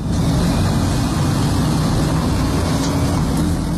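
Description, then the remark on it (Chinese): Five excavators doing earthwork at a night-time construction site west of the Yiran Shijia residential compound, heard around 11 pm through a closed window of a 12th-floor flat: a continuous, loud, low engine rumble with a broad noisy hiss, steady for the whole stretch, with no voices. “虽然关着窗户，但是依然可以听到工地上的施工的声音。”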